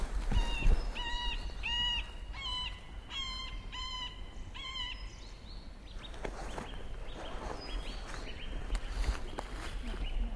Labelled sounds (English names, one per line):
Middle Spotted Woodpecker